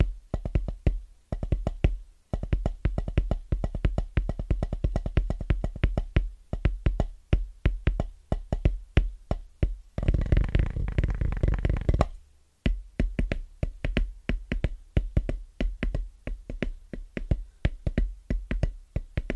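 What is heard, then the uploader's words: Fingers tap quickly and rhythmically on drum pads, producing dense runs of short, dry hits with a deep thump at each stroke. Brief pauses break the pattern near two seconds and twelve seconds, and from about ten to twelve seconds the tapping blurs into a fuller, rumbling roll. Fast & Rhythmic Tapping On Drum Pads (No Talking).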